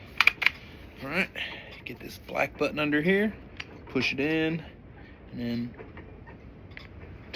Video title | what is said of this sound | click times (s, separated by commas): TenPoint Venom X - first shots, Accuslide Cocking explained | push that button pop right out | 0.2 s, 0.3 s, 0.5 s